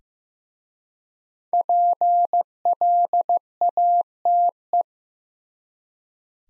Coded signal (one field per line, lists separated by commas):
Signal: Morse code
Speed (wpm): 15 wpm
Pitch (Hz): 700 Hz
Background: none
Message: PLATE